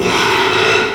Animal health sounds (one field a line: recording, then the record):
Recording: squeal of a Yucatan mini pig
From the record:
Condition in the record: after surgery on the right vocal fold (resection and tissue-engineered implant)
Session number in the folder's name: 1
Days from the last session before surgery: 6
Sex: male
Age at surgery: 12 weeks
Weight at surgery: 13 kg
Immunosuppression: cyclosporine, prednisolone